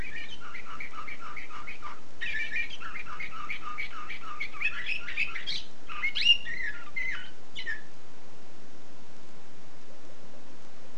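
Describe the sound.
Canary song: about eight seconds of fast, varied trills and rolling chirps, with brighter sweeping notes near the end, then quiet over a steady hiss.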